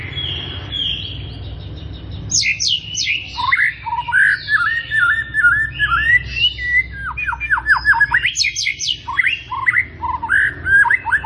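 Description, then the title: White-rumped shama song: loud, rich phrases of fast sweeping whistles and sharp downslurred notes, jumping between low and very high pitches, with brief pauses between bursts. Morning song used as a lure to prompt captive white-rumped shamas into active singing; described as rich fill-in song ('isian mewah'). "PANCINGAN MURAI BATU. PAGI HARI! MURAI BATU GACOR ISIAN MEWAH"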